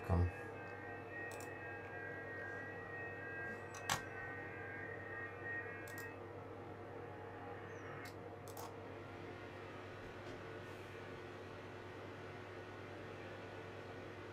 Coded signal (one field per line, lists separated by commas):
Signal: FT8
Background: speech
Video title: FT8 during a solar storm